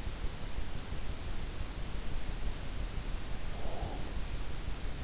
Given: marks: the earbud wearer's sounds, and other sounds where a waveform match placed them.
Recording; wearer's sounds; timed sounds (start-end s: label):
sounds in sleep by an in-ear microphone; breath
3.34-4.47 s: breath